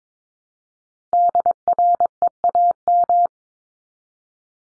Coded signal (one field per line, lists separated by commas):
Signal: Morse code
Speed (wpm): 22 wpm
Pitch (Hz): 700 Hz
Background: none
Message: DREAM